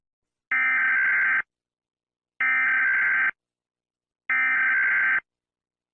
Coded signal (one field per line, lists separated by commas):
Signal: Emergency Alert System (SAME) tones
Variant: header bursts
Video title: EAS alarm that sound the same !￼￼